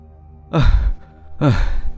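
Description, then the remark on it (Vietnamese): Two heavy, breathy exhalations about a second apart, each a loud rush of air with a low voiced edge, as someone pants hard to catch their breath after pedalling a bicycle hard. “Nè, làm gì thở ghê vậy mày?”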